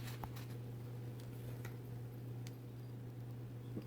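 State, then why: Not seated. A ball bearing is lined up at the handle knob of a Shimano Curado K fishing reel and worked at with a screwdriver or bearing tool before being pressed home. Only light taps are heard, at about 0.2, 1.7 and 2.5 seconds, over a steady low hum. Nothing has seated or clicked yet.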